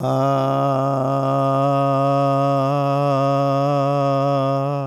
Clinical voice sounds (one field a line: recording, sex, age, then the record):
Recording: sustained vowel /a/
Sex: male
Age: 70 to 79 years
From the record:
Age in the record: 77 years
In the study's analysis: included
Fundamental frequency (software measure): 139 Hz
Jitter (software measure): 0.28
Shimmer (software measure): 0.95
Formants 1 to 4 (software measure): 638 Hz, 1513 Hz, 2825 Hz, 3681 Hz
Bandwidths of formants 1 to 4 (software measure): 106 Hz, 89 Hz, 184 Hz, 232 Hz